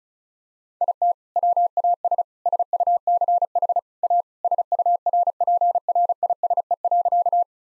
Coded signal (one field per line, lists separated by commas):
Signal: Morse code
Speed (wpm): 36 wpm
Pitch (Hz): 700 Hz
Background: none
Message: IT WAS SUCH A SURPRISE.